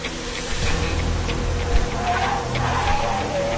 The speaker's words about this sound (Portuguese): Peraí, que eu tenho que me esconder. O carro chegou.